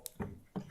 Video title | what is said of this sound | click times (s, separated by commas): BLUETTI – Back Up Power for Your Home | plug it in all right awesome I could hear a click | 0.1 s